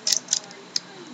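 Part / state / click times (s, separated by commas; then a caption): spring-loaded follower in an airsoft pistol magazine / seated / 0.8 s. The spring-loaded follower in the magazine of a Combat Zone Enforcer airsoft pistol by Uramex is pushed all the way down, giving a few sharp, bright clicks around 0.1 s and 0.3 s. A final crisp click at 0.8 s is heard as the follower locking into place.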